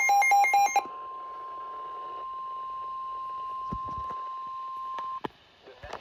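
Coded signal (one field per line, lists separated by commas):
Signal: Emergency Alert System (SAME) tones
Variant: 1050 Hz attention tone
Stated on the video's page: Severe thunderstorm alerts received during a day of general thunderstorm and marginal risk.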